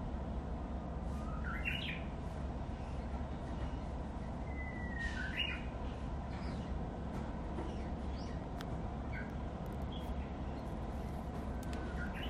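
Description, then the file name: Japanese bush warbler song, two phrases: an upward-sweeping whistle, then a long flat whistle ending in sharp accented notes, with occasional chirps and steady low rumble behind. "uguisu"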